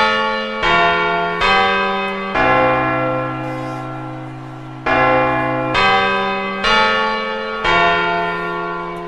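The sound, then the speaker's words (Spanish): A carillon clock bell chimes the quarters before the New Year's midnight strokes: about eight loud, ringing strokes alternating between two pitches, each tone sustaining and overlapping the next, with a longer pause midway through the sequence. “¡Ahora los cuartos!”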